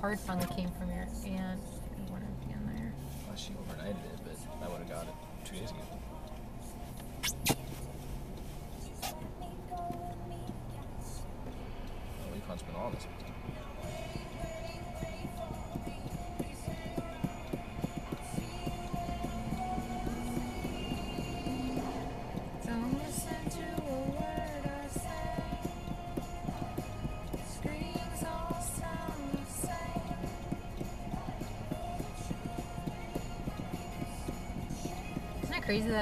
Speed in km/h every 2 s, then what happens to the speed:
0, 0, 0, 0, 0, 0, 0, 0, 0, 0, 0, 0, 0, 0, 0, 0, 0, 0.
0-36 standing.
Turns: none.